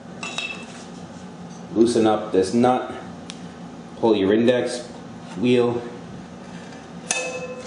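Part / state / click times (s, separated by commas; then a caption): index wheel detent on a blade sharpening jig / seated / 7.1 s. On a saw-blade sharpening jig, someone talks while pulling the metal index wheel around after loosening a nut. The wheel's detent clicks into the next tooth position at 7.1 seconds, a sharp metallic click, and it is seated.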